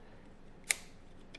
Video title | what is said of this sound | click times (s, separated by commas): How to FIX PS5 Controller Stick drift | There's a click. | 0.7 s